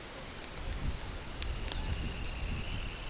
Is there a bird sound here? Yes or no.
yes